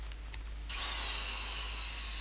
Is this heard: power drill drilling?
yes